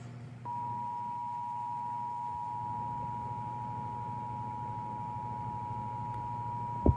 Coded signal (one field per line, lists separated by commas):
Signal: Emergency Alert System (SAME) tones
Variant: 853 and 960 Hz attention tone